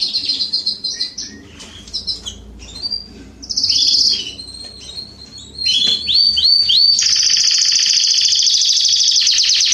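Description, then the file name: Canary with scattered chirps and short phrases, a loud buzzy burst, a few swooping notes, then a long sustained rolling trill. "Canary Voice"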